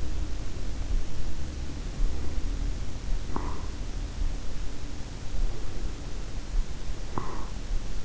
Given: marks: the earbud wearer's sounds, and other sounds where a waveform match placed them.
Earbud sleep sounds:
sounds in sleep by an in-ear microphone; breath
1.91-3.86 s: breath
5.45-7.79 s: breath

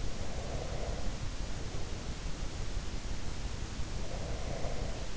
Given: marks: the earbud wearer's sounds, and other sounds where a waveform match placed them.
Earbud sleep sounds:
sounds in sleep by an in-ear microphone; breath
0.14-1.24 s: breath
3.89-5.07 s: breath

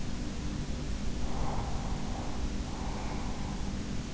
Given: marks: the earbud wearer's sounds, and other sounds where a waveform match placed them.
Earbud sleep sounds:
sounds in sleep by an in-ear microphone; breath
1.27-3.92 s: breath

